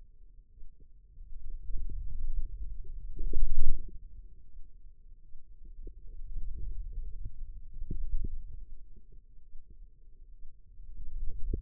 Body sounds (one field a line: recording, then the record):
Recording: forearm muscle sounds (acoustic myography)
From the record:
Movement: wrist extension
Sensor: system 2, bracelet of six BSWA MPA416 microphones around the upper forearm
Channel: 3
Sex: female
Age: 25 years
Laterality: right